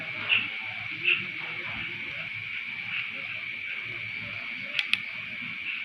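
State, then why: Torque reached. A micrometer thimble is turned with a part clamped between the anvil and the spindle until the ratchet stop on the spindle gives way, over a steady high-pitched hiss with a few soft bumps. Two sharp ratchet clicks sound at 4.8 s and 4.9 s, showing the spindle has reached its set torque on the workpiece.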